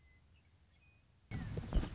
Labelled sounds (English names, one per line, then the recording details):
Western Meadowlark
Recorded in Sonoma County, California